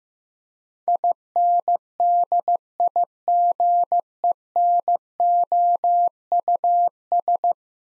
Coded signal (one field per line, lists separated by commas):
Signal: Morse code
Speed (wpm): 15 wpm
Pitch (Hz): 700 Hz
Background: none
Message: INDIGENOUS